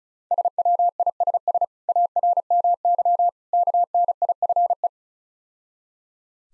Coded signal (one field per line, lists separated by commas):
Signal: Morse code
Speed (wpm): 35 wpm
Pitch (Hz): 700 Hz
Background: none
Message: SWISS ARMY KNIFE